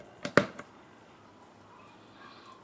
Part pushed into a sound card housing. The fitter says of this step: you can hear it clicks when it's already in yeah